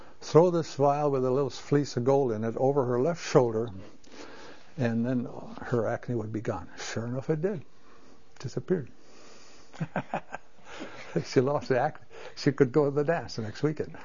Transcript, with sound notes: throw this vile with a little piece of gold in it over her left shoulder, and then her acne would be gone. Sure enough it did! Disappeared. (laughs) She lost the acne - she could go to the dance the next weekend.